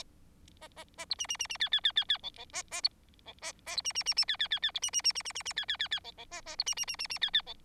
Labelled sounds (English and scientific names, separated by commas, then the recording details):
Bengalese Finch (Lonchura striata domestica) song
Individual Bird4